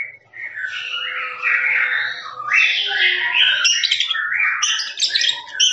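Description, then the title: Lovebird chatter, a continuous run of shrill, buzzy notes sliding up and down without pause. Long trilling "ngekek" song used for training birds. "FULL DURASI MASTERAN LOVEBIRD NGEKEK PANJANG"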